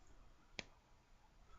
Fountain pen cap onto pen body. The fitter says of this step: can hear when you listen that's a positive lock